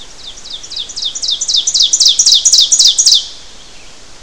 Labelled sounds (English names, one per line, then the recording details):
Ovenbird song
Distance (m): 5 m
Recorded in boreal forest in Alberta, Canada, on 12 June 2016 at 07:21
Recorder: SongMeter 3, array SBT-3-18
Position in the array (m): 239 m, 84 m
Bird 31